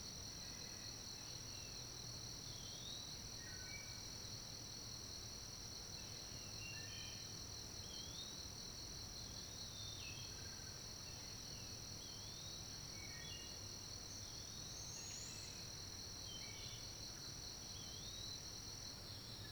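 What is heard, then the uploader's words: A recording made from the top of a fallen tree, filled with a steady, shrill insect drone that never lets up. Short chirps and calls pop in every second or so throughout, over a faint low rumble underneath. Recording from the top of a fallen tree.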